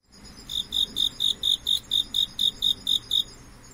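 Cricket chirp, a fast even series of about twelve high pulses running over nearly three seconds, clear against a quiet background.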